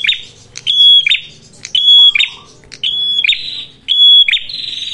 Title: Masteran Duet Cililin Vs Kapas Tembak. Pancingan Prenjak Kepala Merah Gacor [ Sangat Cocok banget Untuk Pikat dan Masteran ]